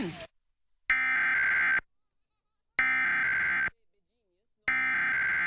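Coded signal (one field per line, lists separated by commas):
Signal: Emergency Alert System (SAME) tones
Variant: header bursts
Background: speech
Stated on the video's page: Required Monthly Test in Minnesota on KSMQ-DT1, aired during a children's programme, without text scroll.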